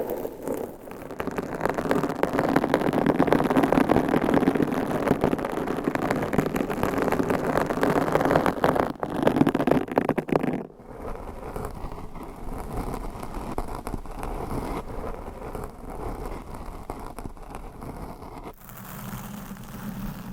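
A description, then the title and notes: Microphone scratching: a dense, loud scraping rumble fills the first ten seconds, full of rapid rough grit. It then drops abruptly to a quieter, thinner rustle with scattered small ticks and rubs, shifting again to a low steady hum near the end. ASMR Mic Scratching - Brain Scratching with 20 MICS No Talking for Sleep with Long Nails.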